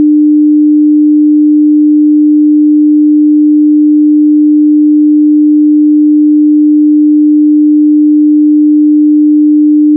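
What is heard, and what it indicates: A steady, pure low-mid tone at 300 Hz holds unchanged for the full ten seconds with no other sound. It is a synthetic test tone used for tinnitus determination, matching the pitch of a person's tinnitus, not the sound of the condition itself.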